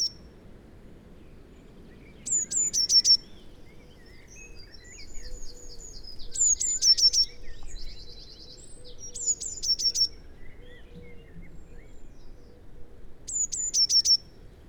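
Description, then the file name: Eurasian blue tit song: high, thin notes dropping into a quick trill, recurring every few seconds, with quieter chatter and buzzy trills between and a low background rumble. "Cyanistes caeruleus"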